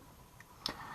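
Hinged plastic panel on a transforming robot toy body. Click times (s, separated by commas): 0.7 s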